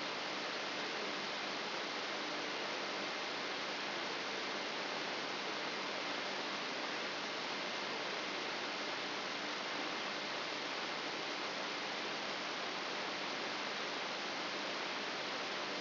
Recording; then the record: brain microelectrode recording played as sound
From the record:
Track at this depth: inside the subthalamic nucleus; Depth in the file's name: 4.701 mm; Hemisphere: left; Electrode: 3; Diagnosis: Parkinson's disease